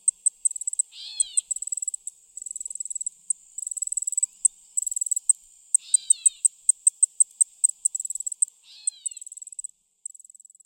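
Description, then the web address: Allard's ground cricket making high, uneven ticking pulses in bursts. Three times a separate lower, descending chirpy call breaks in. "The Songs of Insects 06 Allard's Ground Cricket"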